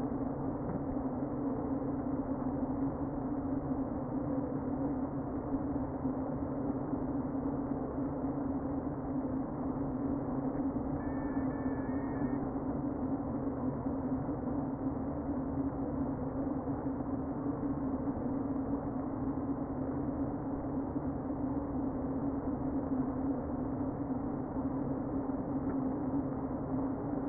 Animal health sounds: honeybee colony, microphone inside the hive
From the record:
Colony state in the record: queen present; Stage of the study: before two queens were removed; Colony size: about 60,000 bees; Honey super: yes

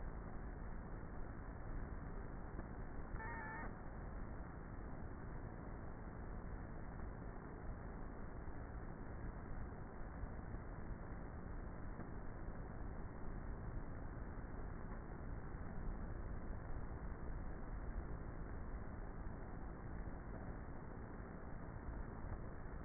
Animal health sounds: honeybee colony, microphone inside the hive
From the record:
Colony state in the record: queenless with a low population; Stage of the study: before two queens were removed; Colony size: about 30,000 bees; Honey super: no

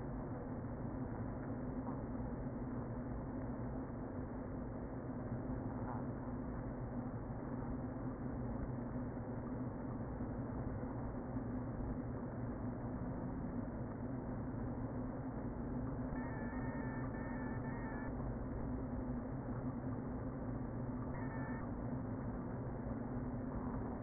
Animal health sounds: honeybee colony, microphone inside the hive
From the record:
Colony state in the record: queen present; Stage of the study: before two queens were removed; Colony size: about 60,000 bees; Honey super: yes

